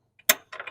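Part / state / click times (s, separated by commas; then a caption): strap end fitting into E-track rail / seated / 0.3 s. The metal spring fitting on the end of a Strapinno RF2012-E-CKIT wheel-chock ratchet strap is hooked into a steel E-track rail on a trailer floor. A faint tick at 0.2 s comes just before one sharp, loud metallic snap at 0.3 s, followed by lighter clattering from about 0.5 to 0.7 s. The fitting clicks in and is seated at 0.3 s.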